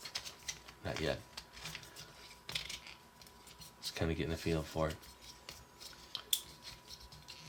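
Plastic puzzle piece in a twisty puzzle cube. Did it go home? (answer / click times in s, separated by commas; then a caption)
released / 6.3 s. A layer of a plastic twisty puzzle cube is turned with small ticks and rubbing while someone talks. Because the layer is turned too hard, a plastic piece jumps out of its proper position with a sharp little click at 6.3 s and ends up not in a good position.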